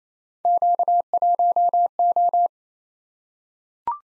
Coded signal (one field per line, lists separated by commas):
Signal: Morse code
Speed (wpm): 29 wpm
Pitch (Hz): 700 Hz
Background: none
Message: Q1O